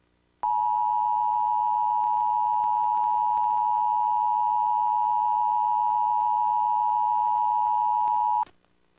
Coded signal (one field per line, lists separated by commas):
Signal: Emergency Alert System (SAME) tones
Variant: 853 and 960 Hz attention tone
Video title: WUSA-TV EAS Washington, D.C. Metropolitan Area Required Monthly Test (September 24, 2003)